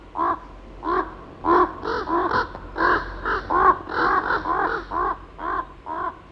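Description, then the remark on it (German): A raven caws repeatedly in a steady series of harsh, throaty calls, about a dozen or more in quick succession, rasping and fairly loud with no voices present. “Kurz nach Eichs Träumen erlebt der Hörer die Begegnung mit Sabet, dem Raben”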